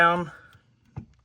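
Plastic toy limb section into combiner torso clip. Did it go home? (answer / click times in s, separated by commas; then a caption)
yes / 1.0 s. Someone speaks briefly, then a plastic section of a Studio Series 86 Devastator combiner toy, the Hook limb section, is pushed down so its purple clip and other clips go into the square socket section of the torso. A short, sharp click is heard at 1.0 s as the section seats into place.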